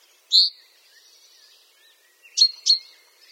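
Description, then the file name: Common chaffinch calls: one bright sharp note, then a quick close pair of clipped notes. "Fringilla coelebs"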